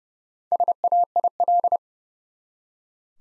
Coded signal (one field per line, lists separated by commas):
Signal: Morse code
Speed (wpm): 30 wpm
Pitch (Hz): 700 Hz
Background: none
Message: SAIL